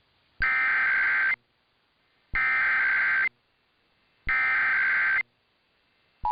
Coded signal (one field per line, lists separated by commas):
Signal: Emergency Alert System (SAME) tones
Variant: header bursts